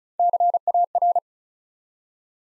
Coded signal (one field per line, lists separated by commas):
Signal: Morse code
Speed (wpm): 35 wpm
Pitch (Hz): 700 Hz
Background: none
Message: CAR